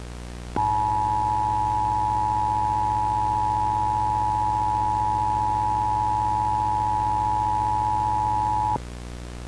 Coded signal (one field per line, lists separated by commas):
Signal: Emergency Alert System (SAME) tones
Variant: 853 and 960 Hz attention tone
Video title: Coastal flooding in ocean city EAS Mini